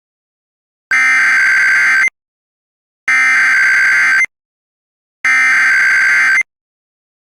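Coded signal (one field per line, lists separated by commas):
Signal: Emergency Alert System (SAME) tones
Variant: header bursts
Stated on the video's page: Fictional EAS alert scenario, not a real broadcast.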